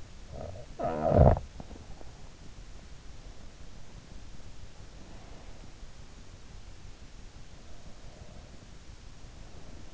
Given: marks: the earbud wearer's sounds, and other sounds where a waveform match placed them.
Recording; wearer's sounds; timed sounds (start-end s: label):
sounds in sleep by an in-ear microphone; snoring breath
0.00-1.96 s: snoring breath